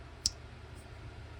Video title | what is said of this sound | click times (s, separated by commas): DON’T GET BIT! - Jack Wolf Knives VENOM JACK | And you'll hear this as I open it here. Hear how positive that half stop is? | 0.3 s